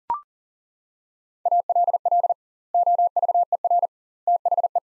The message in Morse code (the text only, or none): ALL OVER THE